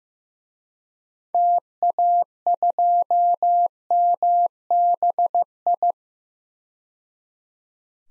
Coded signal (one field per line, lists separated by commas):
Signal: Morse code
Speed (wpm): 15 wpm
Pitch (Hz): 700 Hz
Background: none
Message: TA2MBI